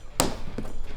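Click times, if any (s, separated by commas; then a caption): 0.2 s. A plastic push clip is pressed through an EGR Rugged fender flare and the truck's wheel-arch body plastic until it grabs both layers. It seats with a sharp click at 0.2 s, followed by a softer tap around 0.6 s, and the clip is held in place.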